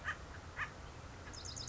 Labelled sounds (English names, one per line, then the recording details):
Acorn Woodpecker
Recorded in Sonoma County, California